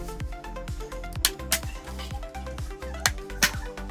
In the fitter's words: Then it's just a matter of really lifting it up and just clipping it all back in, getting those satisfying clicks as you push that bezel back in.